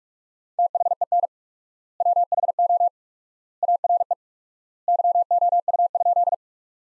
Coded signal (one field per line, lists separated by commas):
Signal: Morse code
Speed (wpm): 44 wpm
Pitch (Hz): 700 Hz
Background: none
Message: THEN WHO ARE YOU?